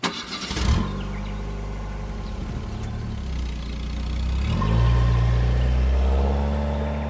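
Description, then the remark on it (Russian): A car engine cranks with a short, noisy burst, catches and settles into a steady low hum, then rises in pitch and grows louder as the car pulls away and drives into a forest. “Они въехали в лес и очутились в другом мире.”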